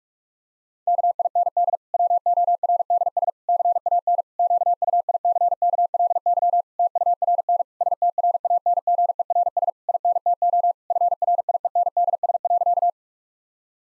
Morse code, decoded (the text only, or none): KIND WORDS CAN QUICKLY TURN STRANGERS INTO FRIENDS.